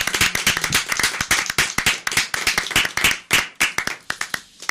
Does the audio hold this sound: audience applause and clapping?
yes